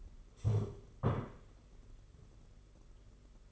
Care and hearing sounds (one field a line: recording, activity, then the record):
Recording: daily activity, microphone in the room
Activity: stand up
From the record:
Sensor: 4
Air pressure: 992.4 hPa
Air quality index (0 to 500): 117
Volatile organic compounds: 26 ppm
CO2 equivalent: 2863 ppm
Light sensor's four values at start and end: 20/72/26/27 and 20/72/26/27